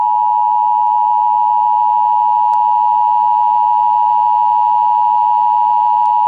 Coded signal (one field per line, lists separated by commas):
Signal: Emergency Alert System (SAME) tones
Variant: 853 and 960 Hz attention tone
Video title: A Nuclear Missile EAS Scenario: 400 Nukes